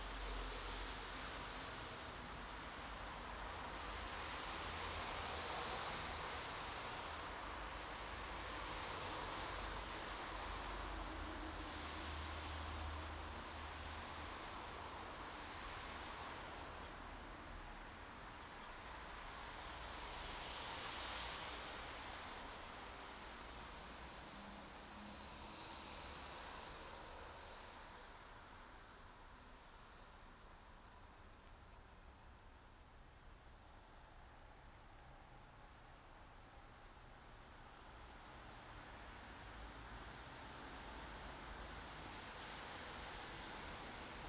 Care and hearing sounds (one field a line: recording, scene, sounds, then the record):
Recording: everyday scene through a hearing-aid microphone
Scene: in traffic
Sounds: traffic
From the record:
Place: bus stop on a city main road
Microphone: in the ear canal, right